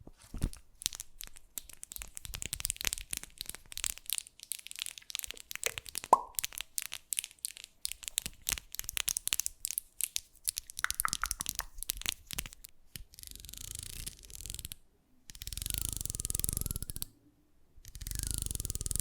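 Fast, unpredictable ASMR triggers: a dense run of sharp crackles, taps and crinkling snaps fills the first twelve seconds, with a brief squeak near six seconds. After that the sound shifts to longer hissing, rustling sweeps broken by short gaps of silence.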